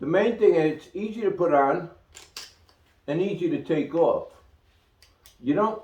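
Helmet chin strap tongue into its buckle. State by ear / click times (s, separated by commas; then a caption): seated / 2.4 s. A helmet chin strap tongue is pushed into its buckle and fastens with a short, sharp snap at 2.4 s, followed by a few faint ticks. Someone talks before and after the snap, contrasting the buckle with a D-ring.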